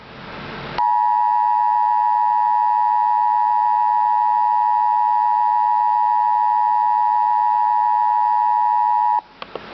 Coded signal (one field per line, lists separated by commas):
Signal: Emergency Alert System (SAME) tones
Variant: 853 and 960 Hz attention tone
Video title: Real EAS Alert #23 - Severe Thunderstorm Warning